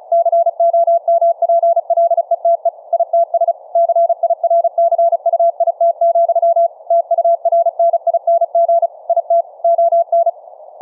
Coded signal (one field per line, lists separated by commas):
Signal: Morse code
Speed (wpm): 36 wpm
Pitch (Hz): 680 Hz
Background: none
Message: COMPLETE ITS CIRCUIT, TURNING IT ON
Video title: Transmit & Receive CW morse code over the FAMILY RADIO SERVICE 2-way radios - hands free transmit